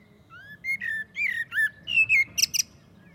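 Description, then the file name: Common blackbird singing a mellow whistled phrase of several gliding notes, ending in two sharp, shrill high squeaks. "Turdus merula"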